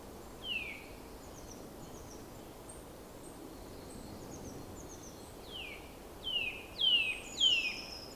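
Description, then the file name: Eurasian nuthatch calls: sharp, high downslurred notes, one early, then a cluster of four near the end, over a steady hiss. "Sitta europaea"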